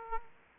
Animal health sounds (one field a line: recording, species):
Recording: mosquito wingbeat signal from an infrared sensor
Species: Aedes aegypti